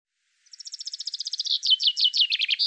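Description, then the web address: Common chaffinch song, a single phrase of rapid high notes that slows and drops in pitch toward the end, with no other sounds. "Deverinetal 2025 File cleaned normalized Bird Fr Co"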